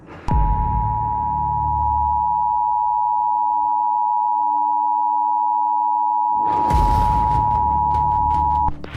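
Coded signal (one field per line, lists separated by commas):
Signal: Emergency Alert System (SAME) tones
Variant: 853 and 960 Hz attention tone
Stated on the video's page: Fictional EAS simulation on an FM radio station.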